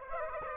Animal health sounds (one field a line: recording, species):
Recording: mosquito wingbeat signal from an infrared sensor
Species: Aedes aegypti